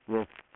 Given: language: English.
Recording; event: throat vibration sensor signal played as sound; speech